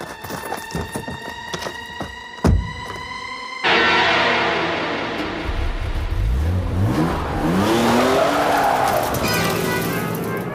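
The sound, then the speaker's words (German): A car engine turns over and roars to life, then revs hard with rising and falling pitch as the vehicle accelerates away, tires squealing amid clattering mechanical noise. “Halt ihn auf, bevor er beim Auto ist!”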